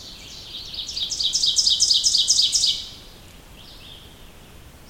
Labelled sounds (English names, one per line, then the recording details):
Ovenbird song
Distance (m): 10 m
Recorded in boreal forest in Alberta, Canada, on 2 June 2016 at 06:33
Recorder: SongMeter 3, array SBT-3-7
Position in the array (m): 49 m, 148 m
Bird 4